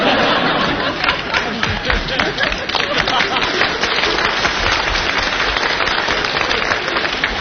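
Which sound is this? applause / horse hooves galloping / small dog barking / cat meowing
applause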